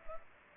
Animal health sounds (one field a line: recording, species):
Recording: mosquito wingbeat signal from an infrared sensor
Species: Culex pipiens